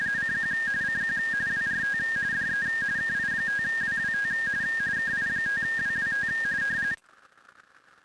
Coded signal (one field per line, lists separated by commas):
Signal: RTTY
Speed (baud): 45.45 baud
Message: CQ CQ WRT DE KI5WWT KI5WWT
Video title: Weekly RTTY TEST - 5-29-2026